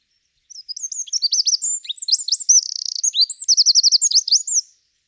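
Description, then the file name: Eurasian wren song, a loud rapid burst of high sweeping notes and trills lasting about four seconds, with a fast rattling trill near the end, clean background. "Troglodytes troglodytes"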